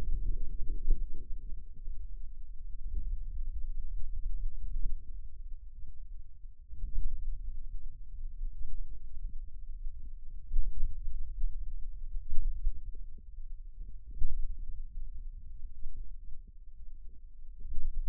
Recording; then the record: forearm muscle sounds (acoustic myography)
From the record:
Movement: finger pinch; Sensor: system 2, bracelet of six BSWA MPA416 microphones around the upper forearm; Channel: 1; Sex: male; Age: 22 years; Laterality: right